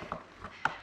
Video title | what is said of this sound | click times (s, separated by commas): Ickle Bubba Venus Jogger Stroller Review | slot it back into place. You'll hear a click. There we go. | 0.7 s